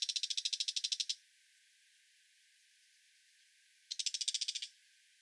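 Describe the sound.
Brown shrike giving two short bursts of rasping, rapidly pulsed chatter separated by nearly three seconds of silence.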